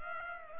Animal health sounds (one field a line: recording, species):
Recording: mosquito wingbeat signal from an infrared sensor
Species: Culex pipiens